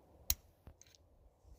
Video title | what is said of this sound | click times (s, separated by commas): PCV Valve/Oil Separator - 1st Gen Audi Q5 2.0T - How To Replace | If you can't get it with your hand, you can put a screwdriver in there and just turn it, and you'll hear it click. | 0.3 s